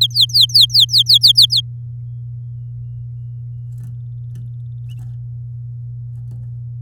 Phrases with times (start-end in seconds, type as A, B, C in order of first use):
0.01-1.61 A